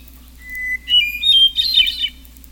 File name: hermit thrush